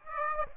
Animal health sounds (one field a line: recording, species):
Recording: mosquito wingbeat signal from an infrared sensor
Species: Aedes aegypti